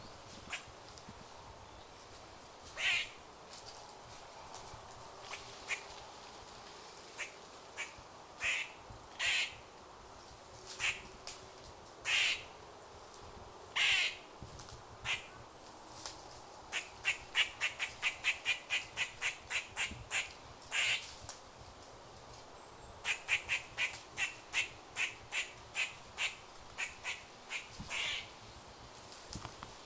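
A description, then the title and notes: A grey squirrel calls with sharp, bright chucks, first spaced a second or two apart, then quickening into rapid runs of barks around the 17 and 23 second marks. A low, steady rumble of outdoor background sits underneath throughout. GREY SQUIRREL CALLS. Who be that in the woodland block on my farmland bird walk then? Lowland England.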